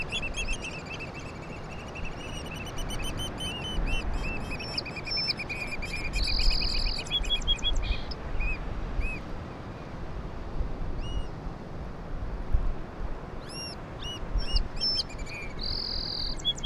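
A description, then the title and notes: A song sparrow sings over a steady, dense low rumble of wind and surf, with bright whistled phrases and trills repeating every few seconds. Sharp, piercing oystercatcher calls break in around six seconds and again near fifteen. While visiting Low Island recently, I was able to observe and record this Song Sparrow ( Melospiza melodia ) singing. Some Black Oystercatchers ( Haematopus bachmani ) start raising a ruckus as well. The surf crashing up on the shore in the distance behind me is present throughout. Recording was made with a Sony PCM-M10 which I held in hand.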